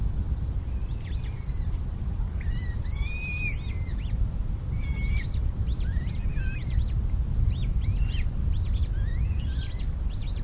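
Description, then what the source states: Eurasian coot young uttering high wavering whistles, some sliding sharply up or down, in irregular clusters over a strong low rumble. Young birds.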